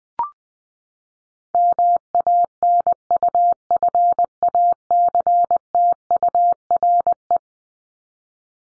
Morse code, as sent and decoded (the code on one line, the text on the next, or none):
-- .- -. ..- ..-. .- -.-. - ..- .-. .
MANUFACTURE